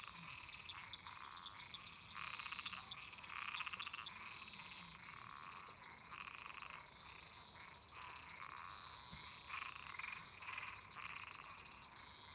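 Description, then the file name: Crickets keep up a continuous shrill pulsing trill, nearly four pulses a second, while frogs and toads add rough buzzing bursts underneath throughout. Crickets singing constantly together with toads and frogs. "Grilos cantando constantemente em conjunto com sapos e ras"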